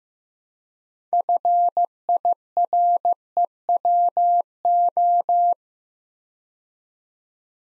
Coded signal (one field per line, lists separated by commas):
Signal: Morse code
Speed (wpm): 15 wpm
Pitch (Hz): 700 Hz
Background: none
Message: FIREWO